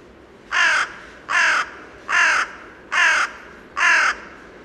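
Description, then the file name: Carrion crow giving harsh, hoarse caws, five evenly spaced calls about one second apart, each short and grating, over quiet background hiss. "Corvus corone"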